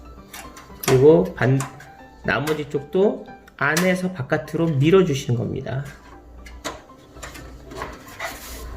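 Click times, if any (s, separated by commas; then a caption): none. A thin metal I/O shield is pushed from inside a PC case outward into the rear opening while someone talks, with soft handling knocks and light background music. Nothing has seated or clicked yet.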